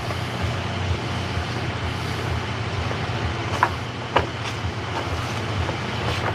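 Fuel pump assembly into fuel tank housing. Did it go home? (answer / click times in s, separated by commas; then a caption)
no / none. A new fuel pump assembly is pushed into its housing in the fuel tank of a BMW E85 Z4, over a steady low rumble with two brief sharp sounds near 3.6 s and 4.2 s. The pump has not snapped in or seated; it won't snap in at the front until the back is locked in.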